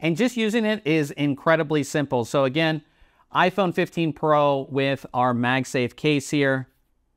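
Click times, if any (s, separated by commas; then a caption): none. A man talks while a Brookstone magnetic wireless power bank with stand is handled next to an iPhone 15 Pro in a MagSafe case, ready to go onto the back of the phone case. His speech pauses briefly near 3 seconds, then continues to about 6.6 seconds. Nothing has seated or clicked yet, and the power bank has not snapped onto the phone.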